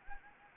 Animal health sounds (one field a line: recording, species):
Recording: mosquito wingbeat signal from an infrared sensor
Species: Anopheles gambiae